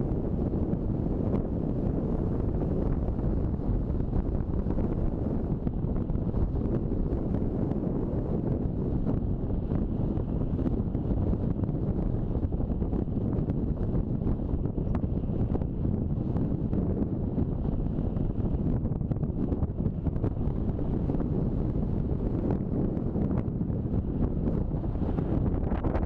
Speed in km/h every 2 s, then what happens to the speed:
38, 35, 31, 30, 28, 27, 26, 27, 27, 28, 28, 29, 29.
0-10 slows to 27. 10-26 steady at about 27.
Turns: none.